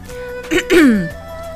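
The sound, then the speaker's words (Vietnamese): A brief dry throat clearing, a short catch followed by a longer voiced rasp that slides downward in pitch, like someone saying an exaggerated "ahem" over a faint steady hum. “Triệu Phổ ho khan một tiếng, một mạch kéo Tiểu Tứ Tử ôm đi.”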